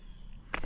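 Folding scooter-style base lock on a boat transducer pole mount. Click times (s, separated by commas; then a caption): 0.5 s. A folding scooter-style base that holds a transducer pole on a boat mount is moved into its travel position and locks into place. A sharp lock click sounds at 0.5 s, followed by a softer knock about a tenth of a second later, over a low background rumble. The base is seated and locked.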